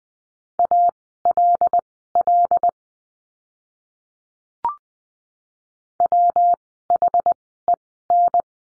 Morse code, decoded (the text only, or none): ALL WHEN